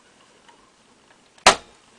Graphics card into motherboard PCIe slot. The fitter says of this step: there we go that's the click